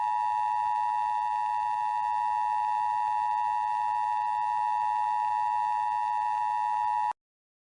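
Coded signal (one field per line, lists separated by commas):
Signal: Emergency Alert System (SAME) tones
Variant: 853 and 960 Hz attention tone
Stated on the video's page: Fictional EAS scenario recreating alerts from a northeast snowstorm.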